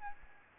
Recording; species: mosquito wingbeat signal from an infrared sensor; Aedes albopictus